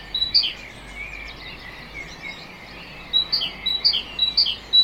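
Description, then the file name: Great tit song: one or two two-note whistled phrases at the start, then a run of repeated two-note phrases after a quiet gap, over faint background hiss. "Parus major"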